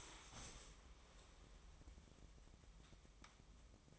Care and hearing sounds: daily activity, microphone in the room; stand up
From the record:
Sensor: 1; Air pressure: 1005.0 hPa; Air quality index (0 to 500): 123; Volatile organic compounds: 5 ppm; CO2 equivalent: 1728 ppm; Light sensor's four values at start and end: 11/27/11/11 and 11/26/10/11

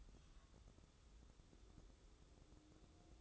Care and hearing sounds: daily activity, microphone in the room; take from stove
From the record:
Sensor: 3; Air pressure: 995.4 hPa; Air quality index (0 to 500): 86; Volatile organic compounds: 8 ppm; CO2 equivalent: 2108 ppm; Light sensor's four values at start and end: 26/81/34/29 and 26/81/34/29

